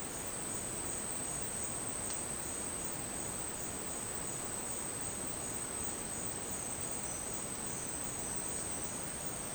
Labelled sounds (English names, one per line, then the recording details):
none
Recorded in dense forest near Puerto Asís, Putumayo, Colombia, on 23 June 2025 at 10:00
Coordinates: 0.484, -76.317
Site G045